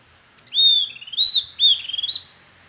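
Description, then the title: Bird song: three bright whistled phrases, each followed by a quick string of bead-like notes, all high-pitched, in an otherwise quiet background. "LuckyPassaro Completos2Sama"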